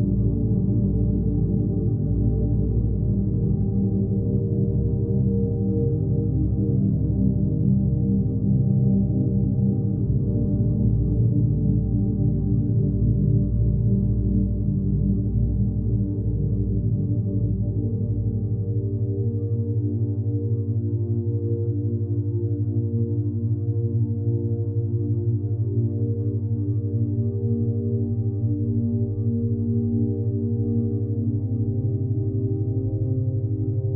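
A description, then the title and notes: Binaural beats: a steady, low humming drone of stacked tones holds at an even loudness for the whole stretch, with a soft pulsing wobble. Around the twentieth second the deepest layer thins out, leaving a smoother, slightly lighter hum with no other sounds. Binaural Beats. AlphaWaves12Hz.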